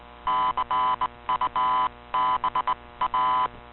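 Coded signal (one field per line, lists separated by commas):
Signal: Morse code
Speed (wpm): 19 wpm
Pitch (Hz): 1010 Hz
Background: none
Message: CUBA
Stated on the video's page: Shortwave broadcast on 15140 kHz received with an Icom IC-R8600 in Toronto, with hum present.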